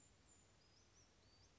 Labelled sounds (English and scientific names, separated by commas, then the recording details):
Brown Creeper (Certhia americana)
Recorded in Sonoma County, California